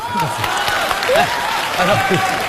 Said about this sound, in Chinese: 好，接下来咱们用掌声欢迎大叔做最后陈述。